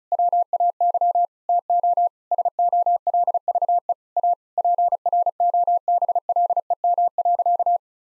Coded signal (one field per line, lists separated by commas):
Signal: Morse code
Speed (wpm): 34 wpm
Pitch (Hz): 700 Hz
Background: none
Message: WAY TO SOLVE A PROBLEM.